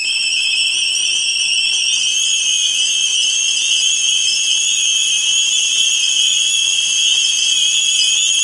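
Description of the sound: A steady, unbroken high-pitched ringing and hiss, with several shrill tones layered together and no low sounds, holding at the same level throughout. It is a simulation of tinnitus, the ringing a person hears in the ears.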